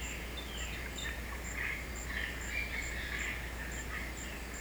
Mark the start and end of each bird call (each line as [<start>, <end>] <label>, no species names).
[0.21, 4.00] bird call